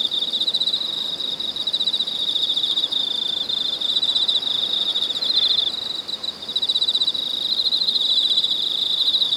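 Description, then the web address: Cicadas droning in a shrill, rapidly pulsed chorus that dips briefly in the middle, then returns at full strength. Cicadas in Weinan, China. "soundlibrary Sound Scapes China Cicadas Weinan"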